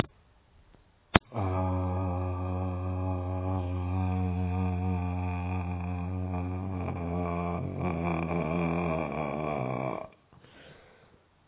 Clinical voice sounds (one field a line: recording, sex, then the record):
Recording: sustained vowel /a/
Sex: male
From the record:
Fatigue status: fatigue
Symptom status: symptomatic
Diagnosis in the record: COVID-19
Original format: 3gp